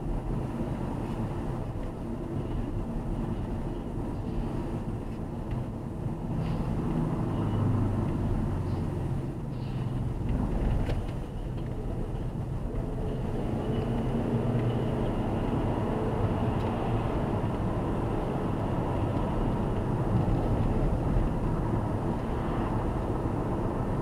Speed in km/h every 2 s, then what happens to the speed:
52, 50, 51, 44, 39, 40, 53, 67, 73, 74, 72, 74.
4-9 slows to 39. 9-16 speeds up to 73. 16-24 steady at about 73.